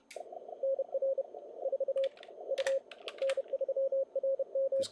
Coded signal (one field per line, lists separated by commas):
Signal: Morse code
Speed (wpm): 35 wpm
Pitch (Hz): 560 Hz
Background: none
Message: NR 4 U N3RM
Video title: NG7M 2020 ARRL Sweepstakes CW Live Operating (Posted October 2021)